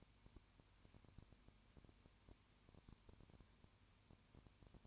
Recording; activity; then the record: daily activity, microphone in the room; no activity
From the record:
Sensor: 2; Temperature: 20.8 degrees Celsius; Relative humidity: 38.3%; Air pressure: 1010.4 hPa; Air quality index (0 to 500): 200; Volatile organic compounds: 19 ppm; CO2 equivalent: 2655 ppm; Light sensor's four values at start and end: 2/3/2/2 and 2/3/2/2